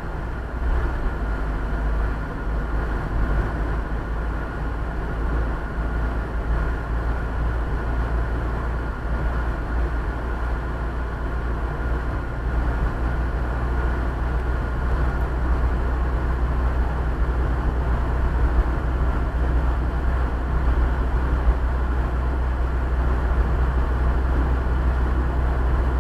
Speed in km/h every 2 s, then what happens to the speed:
42, 43, 44, 44, 43, 45, 47, 46, 48, 48, 49, 50, 50.
0-26 steady at about 46.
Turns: none.